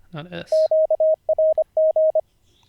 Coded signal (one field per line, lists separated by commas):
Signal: Morse code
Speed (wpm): 25 wpm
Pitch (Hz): 630 Hz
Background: speech, radio noise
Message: QRG